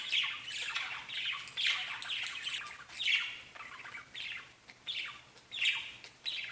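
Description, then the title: Budgerigar calls: repeated buzzy, grating warble phrases separated by short gaps. "Budgie Sounds"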